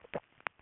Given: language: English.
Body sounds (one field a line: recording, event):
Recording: throat vibration sensor signal played as sound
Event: swallow